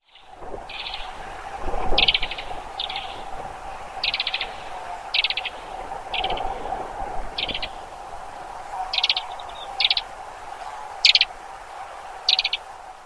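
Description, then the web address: Alpine accentor calls, short buzzy rattling bursts repeated roughly once a second over a steady low hum. "iwahibari 岩鷯"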